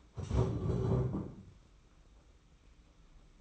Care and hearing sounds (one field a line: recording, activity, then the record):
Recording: daily activity, microphone in the room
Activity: stand up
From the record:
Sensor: 1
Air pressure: 991.7 hPa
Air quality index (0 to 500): 161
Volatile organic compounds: 1000 ppm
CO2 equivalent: 6003 ppm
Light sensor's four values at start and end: 31/103/40/41 and 30/100/39/40